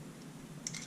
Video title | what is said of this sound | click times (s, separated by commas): How To Put Valve Oil On Your Trumpet | This one. Hear that? It clicks. | 0.7 s